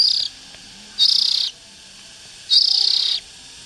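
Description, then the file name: Oriental magpie-robin call: three harsh buzzy rasps spaced more than a second apart, over a quiet background. Young birds. "Tieng chim chich choe than non"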